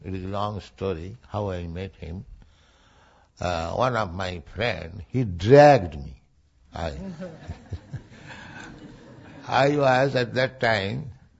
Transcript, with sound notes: it is a long story, how I met him. One of my friend, he dragged me. (laughing) (laughter) I was at that time